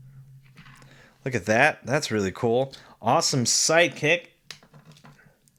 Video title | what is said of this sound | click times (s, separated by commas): Toy Review: S.H. Figuarts Monkey D. Luffy from One Piece The Raid on Onigashima | hold on this popped out | 4.5 s